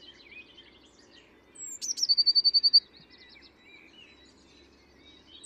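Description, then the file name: Eurasian blue tit with a single phrase: high thin notes tumbling into a rapid, even trill, with faint chirps from other birds and a low background hum. "Cyanistes caeruleus"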